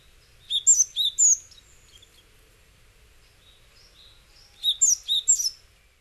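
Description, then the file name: Japanese tit giving two brief bursts of high, thin chirps, four or five notes each, with a faint soft call between them against a quiet background. Recorded in Hyogo, Japan, in October. "sijuukara 10 1006 hyogo kaji"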